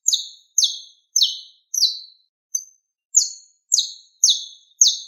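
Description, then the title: Bird giving bright, descending chirps in a quick series, roughly one every half second, with a short pause midway and no other sounds. "LuckyPassaros CompletosSama"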